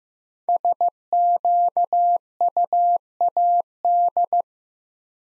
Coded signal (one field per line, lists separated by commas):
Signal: Morse code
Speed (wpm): 15 wpm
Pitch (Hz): 700 Hz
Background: none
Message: SQUAD